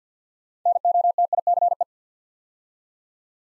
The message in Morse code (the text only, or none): NOTICE